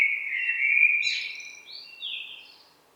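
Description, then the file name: Common blackbird song, a rich fluted warble followed by a few thin, high, scratchy notes that fade away. "Turdus merula"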